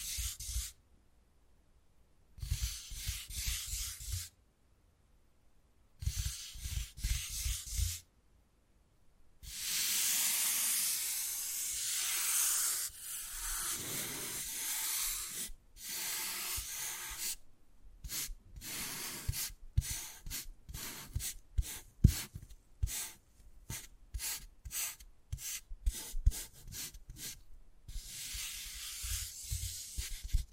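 Wood carving: bursts of rough scraping and rasping, with a long continuous scratching stretch from about 9 to 15 seconds. After that come quick, irregular strokes and taps separated by short silences, with a few low knocks underneath.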